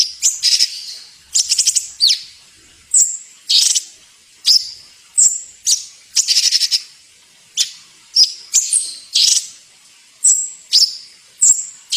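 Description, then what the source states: Bird song of high chirps, short trills and whistled notes delivered in quick bursts with brief pauses throughout. Training song (masteran) for songbirds.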